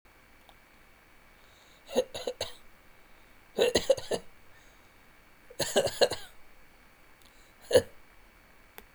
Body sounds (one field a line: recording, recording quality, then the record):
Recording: shallow voluntary cough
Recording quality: excellent, no background noise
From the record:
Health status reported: healthy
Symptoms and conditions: none ticked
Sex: male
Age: 42 years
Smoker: not ticked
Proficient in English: no